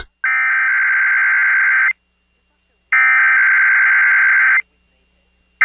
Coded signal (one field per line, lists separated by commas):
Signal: Emergency Alert System (SAME) tones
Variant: header bursts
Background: speech